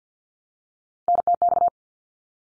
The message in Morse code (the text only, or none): NTX